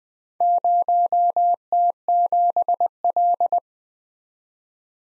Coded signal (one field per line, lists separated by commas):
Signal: Morse code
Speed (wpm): 20 wpm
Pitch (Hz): 700 Hz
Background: none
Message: 0T7L